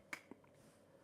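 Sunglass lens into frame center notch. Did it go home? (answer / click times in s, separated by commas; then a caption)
yes / 0.1 s. A sunglass lens held in the top groove of an upside-down Oakley Sutro frame is pressed down with the thumb at the middle. It gives a sharp click at 0.1 s, followed by a fainter tick at 0.3 s. The lens snaps into place at the frame's center notch.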